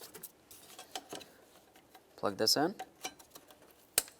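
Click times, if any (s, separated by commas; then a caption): 4.0 s. A plastic wiring harness connector is plugged into its mating connector during a radiator fan replacement on a 2012-2017 Toyota Camry. Soft handling ticks and rustles lead up to it, and someone talks briefly in the middle. A sharp, bright click at 4.0 s marks the connector seating.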